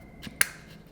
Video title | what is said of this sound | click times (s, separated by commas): How to Assemble/Disassemble an Ice-O-Matic Elevation Series Ice Machine | goes in there and pops right on that | 0.4 s